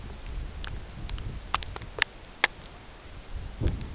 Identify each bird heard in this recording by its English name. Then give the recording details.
none. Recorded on Arctic tundra, site CORI-1, on 16 June 2018. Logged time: 18:00